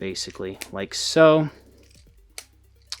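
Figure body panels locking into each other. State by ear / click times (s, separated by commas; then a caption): seated / 2.4 s, 2.9 s. Someone talks, then plastic body panels on a Transformers Studio Series Voyager Class 1986 Hot Rod transforming figure are pushed together and lock into each other. Two sharp clicks come at 2.4 s and 2.9 s as the parts seat firmly in place.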